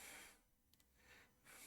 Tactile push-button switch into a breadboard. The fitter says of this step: push it in and you'll hear it click